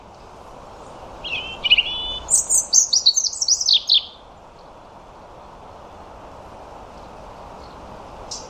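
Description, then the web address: European robin song: a short run of high trilled notes leading into a rapid cascade of sharp descending notes, then quiet with a faint high note at the end. "Deverinetal 2025 File origin Bird Only Er Ru"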